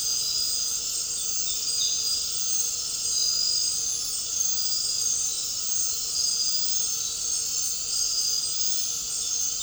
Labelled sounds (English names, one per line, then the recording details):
none
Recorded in dense forest near Puerto Asís, Putumayo, Colombia, on 8 March 2025 at 20:30
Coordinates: 0.467, -76.328
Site G041